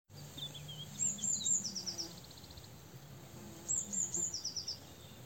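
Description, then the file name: Eurasian blue tit giving two phrases of piercing high notes that drop into a buzzy trill, with quiet low hum and chirps behind. "Cyanistes caeruleus"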